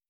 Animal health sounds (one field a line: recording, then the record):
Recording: hydrophone in a shrimp aquaculture tank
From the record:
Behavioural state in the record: stressed